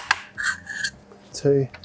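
An aluminium table slat's rounded lugs are pushed into the plastic or metal attachments on a folding table frame, seating with a sharp click at 0.1 s. Someone talks over the rest of the clip, with a few fainter knocks in between.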